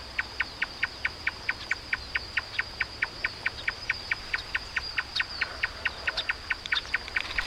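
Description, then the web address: Marsh tapaculo repeating short, identical notes at a brisk, steady pace, with a persistent high tone and a low hum underneath. "sound Marsh-tapaculo. صدای-پرنده-تپلک-ماندابی"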